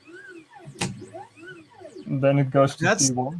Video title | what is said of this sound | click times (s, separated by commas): HotMakes Live Stream Episode 52 | whoa that's snappy man that's really you got it quick so satisfying to hear that click | 0.8 s